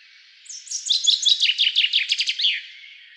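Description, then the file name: Common chaffinch song: a bright, rapid trill of repeated notes that falls in pitch before ending in a sharp flourish, about two seconds long. "Fringilla coelebs"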